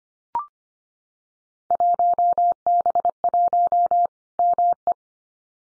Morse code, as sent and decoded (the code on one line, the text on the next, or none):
.---- -... .---- / -- .
1B1 ME